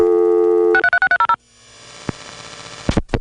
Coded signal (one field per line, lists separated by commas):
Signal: DTMF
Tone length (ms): 80 ms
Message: 63630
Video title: Evan Doorbell: Early 80s Phone Phreaking